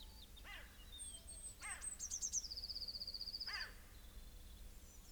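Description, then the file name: Eurasian blue tit: high thin notes running into a long, fast, level trill, with short downslurred calls heard three times around it. "Cyanistes caeruleus"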